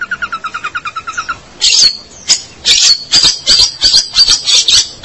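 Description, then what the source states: Long-tailed shrike song: a quick run of even whistled notes, then loud harsh, buzzy high notes repeated in an uneven series. Local name pentet; labelled 201703.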